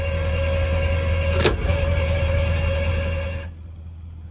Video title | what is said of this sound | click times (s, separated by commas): Finishing our LANCE 2075 SnapPad install with the Tongue Jack | All right, so you can see that snapped on, and it was kind of a good feeling when I heard that thing snap on, | 1.5 s